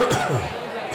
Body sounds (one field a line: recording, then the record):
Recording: coughing mixed with background sound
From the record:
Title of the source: Mid-morning Winter Coughing Fit